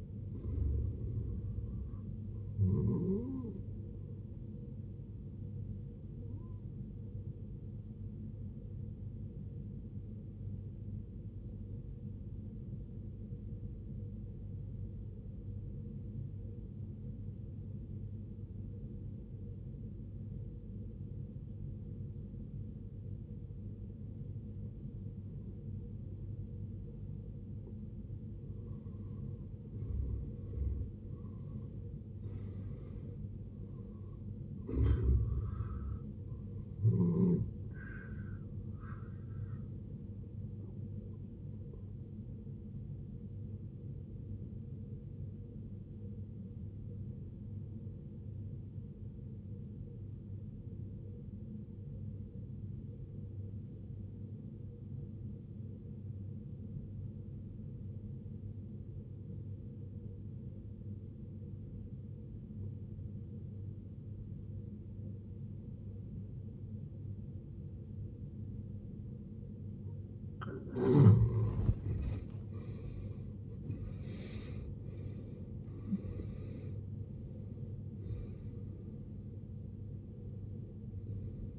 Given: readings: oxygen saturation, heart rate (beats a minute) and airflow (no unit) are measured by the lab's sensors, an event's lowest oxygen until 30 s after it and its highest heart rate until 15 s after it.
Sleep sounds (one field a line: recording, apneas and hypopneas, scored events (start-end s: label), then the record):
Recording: breathing in sleep by a smartphone at the bedside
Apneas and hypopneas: 2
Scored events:
12.00-29.40 s: obstructive apnea (N1, oxygen 92% highest, then 78% lowest, heart rate 63 at the start, 81 highest)
49.00-71.70 s: obstructive apnea (N1, oxygen 93% highest, then 73% lowest, heart rate 66 at the start, 82 highest)
52.00-81.59 s: new sleep stage, N2 (light sleep)
From the record:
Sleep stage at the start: N1 (lightest sleep)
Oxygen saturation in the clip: 73 to 93%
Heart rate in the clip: 52 to 82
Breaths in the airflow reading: 10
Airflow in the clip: -18.3 to 17.8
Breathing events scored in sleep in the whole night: 389 in 6.3 hours asleep